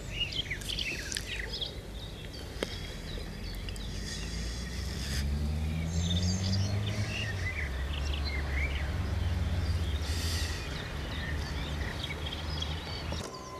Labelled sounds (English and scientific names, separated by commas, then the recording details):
Common Whitethroat (Sylvia communis) song
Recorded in the wild
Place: Kaiserslautern, Rheinland-Pfalz, DE
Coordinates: 49.4247, 7.77889
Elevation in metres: 279
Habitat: garden
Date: 1982-06-10
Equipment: Uher 4000 Report, Brühler-Mikrophon, Parabolreflektor
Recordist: Tretzel, Erwin